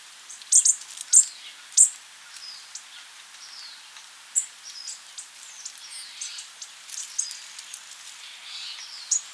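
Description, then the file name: American bushtit calls: sharp, very high chips, a few loud ones early, then softer twittering notes spread across the rest. "Psaltriparus minimus - American Bushtit"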